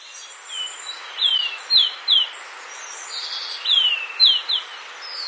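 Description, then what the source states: Golden-faced Tyrannulet calling: a series of thin, high, down-slurred whistles, some paired, irregularly spaced. Recorded in Ecuador; the bird may belong to an unnamed taxon.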